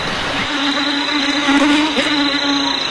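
mosquito buzzing

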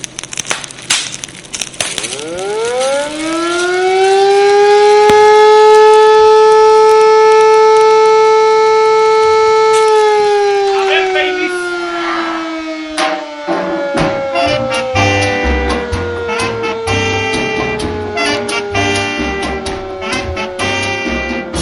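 alarm siren

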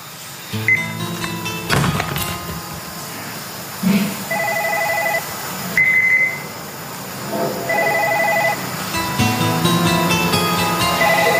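telephone ringing

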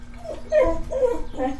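dog

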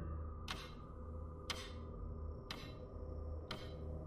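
clock ticking

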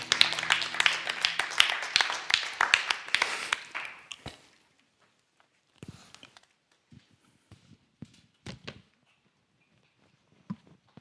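audience applause

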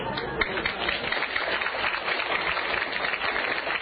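audience applause

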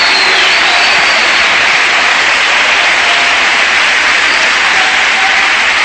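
audience applauding

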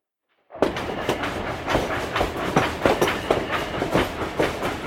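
train clattering along rails

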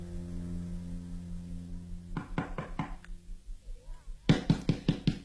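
knocking on a door

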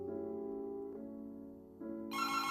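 telephone ringing

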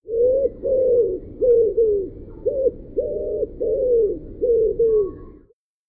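pigeon cooing

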